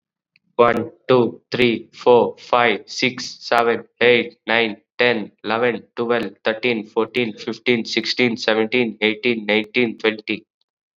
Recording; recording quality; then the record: counting at a fast pace; excellent, no background noise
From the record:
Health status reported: COVID-19 positive, mild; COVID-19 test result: positive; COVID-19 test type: rapid antigen test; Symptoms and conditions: fever, fatigue, muscle pain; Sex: male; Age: 18 years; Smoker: no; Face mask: worn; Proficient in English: yes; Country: India